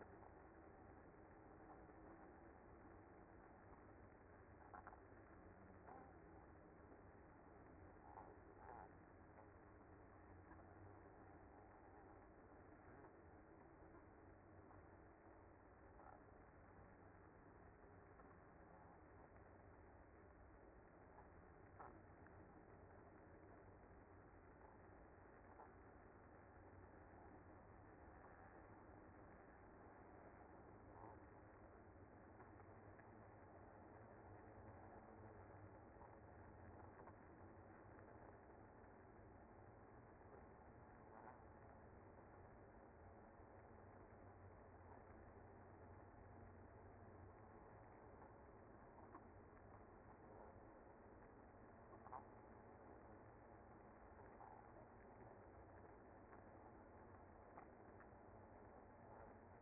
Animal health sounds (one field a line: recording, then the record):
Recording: honeybee colony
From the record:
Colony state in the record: active